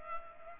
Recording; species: mosquito wingbeat signal from an infrared sensor; Culex pipiens